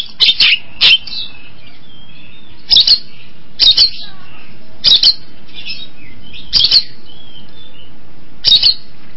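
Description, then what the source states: Long-tailed shrike song: harsh grating bursts every one to two seconds, separated by soft warbled notes. Combination song (kombinasi) style.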